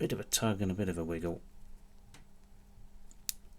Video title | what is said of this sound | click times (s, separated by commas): How to Change a Watch Strap on a Rolex Submariner, Tudor Pepsi GMT or Omega Seamaster | There. It clicked in. | 3.3 s